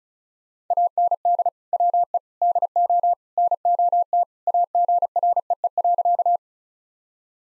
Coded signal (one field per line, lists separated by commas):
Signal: Morse code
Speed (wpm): 34 wpm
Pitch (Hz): 700 Hz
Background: none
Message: AND WE DO NOT AGREE.